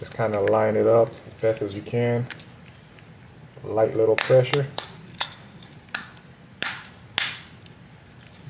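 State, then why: Seated. Someone talks while lining up the plastic back case of a Toyota smart key fob and pressing it onto the front half after the coin battery has been replaced. Loud, sharp snaps ring out at 5.2, 6.0, 6.6 and 7.2 seconds as the clips engage, and the case is seated shut.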